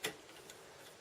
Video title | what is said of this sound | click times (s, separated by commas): How to install ram in a mac pro 2013 | push it in locks in place | 0.0 s